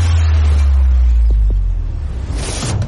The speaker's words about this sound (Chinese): 一声巨响，卡车重重地撞上了帕拉梅拉，一股巨大的冲击力袭了过来，救护车的车身重重一震，车轮摩擦地面，发出了极其尖锐刺耳的噪声。